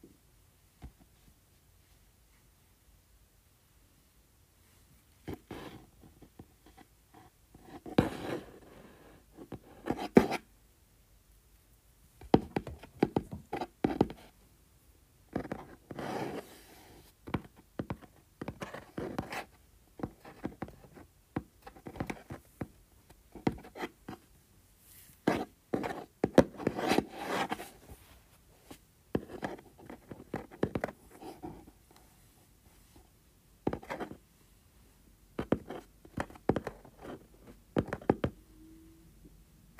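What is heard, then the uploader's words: Tapping and scratching on a small cardboard box, in irregular bursts of quick taps and rubbing strokes separated by short pauses. The sounds start after about five seconds and come thickest around 8–10 and 25–28 seconds, with near silence between clusters. ASMR Tapping and Scratching Small Cardboard Box.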